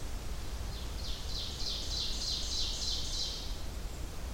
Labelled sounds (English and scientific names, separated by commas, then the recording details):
Ovenbird (Seiurus aurocapilla) song
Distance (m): 60 m
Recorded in boreal forest in Alberta, Canada, on 30 June 2016 at 07:09
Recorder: SongMeter 3, array SBT-6-79
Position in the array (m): 214 m, 20 m
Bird 39